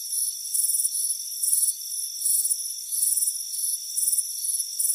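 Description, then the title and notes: Crickets chirping: high, shimmering pulsed bursts rising and falling in loudness, over steady high-pitched insect tones. Crickets chirping on a front porch on a warm afternoon. "Soothing Crickets Chirping Sound. It's a warm afternoon as you relax in a hammock on the front porch. Relax and fall asleep to the soothing sound of chirping crickets"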